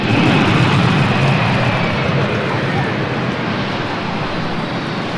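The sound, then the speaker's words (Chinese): A continuous, loud roar of an airplane engine as the mission aircraft carrying the three Shenzhou-12 astronauts arrives in Beijing at 20:30, broad and steady, with a thin high-pitched whine drifting slowly downward through the rumble. “20点30分，三名航天员乘坐任务飞机平安抵达北京”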